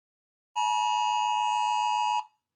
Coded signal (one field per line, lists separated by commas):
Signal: Emergency Alert System (SAME) tones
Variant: 853 and 960 Hz attention tone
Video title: idiot ranks eas alarms from different countries